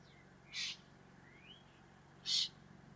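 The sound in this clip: Bird calls: two short bursts of high, harsh notes about 1.7 seconds apart, with a faint rising whistle between them over a steady low hum.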